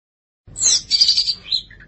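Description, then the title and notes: Long-tailed Shrike song: a brief, rasping, high chatter that tails off into two soft whistled notes, over a low rumbling background. Recorded March 2017. "Pentet 201703. Suara burung pentet"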